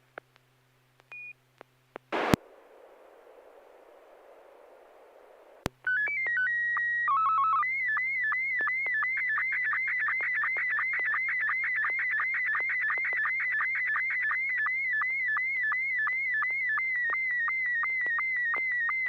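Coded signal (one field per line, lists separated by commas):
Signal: SSTV (slow-scan television)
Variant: MR90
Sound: hiss burst, then warbling calibration tones and a steady chirping, sweeping image-scan tone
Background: radio static, low hum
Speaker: Yeah, I've got uh I've got an image loaded up. N6 YG MR90.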